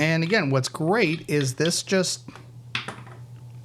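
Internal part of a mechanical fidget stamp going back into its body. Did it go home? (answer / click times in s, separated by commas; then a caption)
yes / 2.8 s. A man talks while an internal part of a metal mechanical fidget stamp is pressed back into its body during reassembly, and a sharp click at 2.8 s shows the part snapping into place and seating, followed by a faint second click just after.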